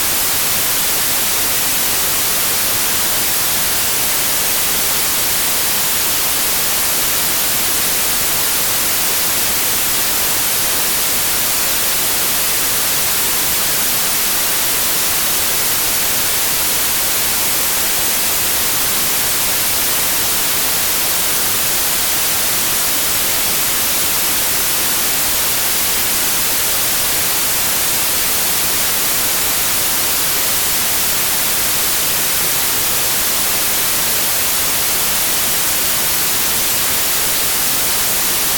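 White noise runs unchanged for the whole clip, a dense, even hiss with no gaps or events. It leans bright, with the airy high hiss strongest and a thinner rumble underneath, and the loudness holds perfectly level from start to finish.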